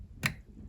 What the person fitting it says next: There he goes. You hear him click in place.